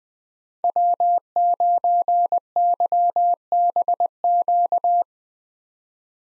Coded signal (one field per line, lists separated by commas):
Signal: Morse code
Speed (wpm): 20 wpm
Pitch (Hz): 700 Hz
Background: none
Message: W9YBQ